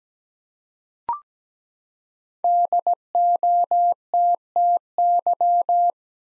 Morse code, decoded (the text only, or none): DOTTY